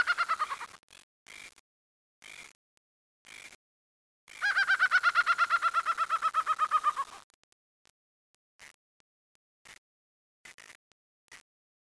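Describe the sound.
Laughing falcon: a rapid run of nasal, laughing notes lasting about three seconds, bracketed by short softer clucking notes.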